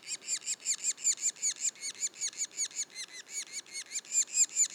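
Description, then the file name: Yellow-bellied sapsucker calls: a steady series of short squeaky notes, a few per second. Juveniles calling; Mont-Orford National Park, Quebec, Canada. "pic macule. parc national du mont orford"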